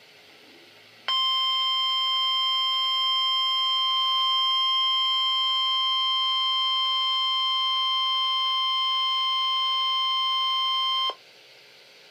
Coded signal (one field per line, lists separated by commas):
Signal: Emergency Alert System (SAME) tones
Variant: 1050 Hz attention tone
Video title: EAS #2: NOAA Weather Radio WWF35 Required Weekly Test - 2/27/2013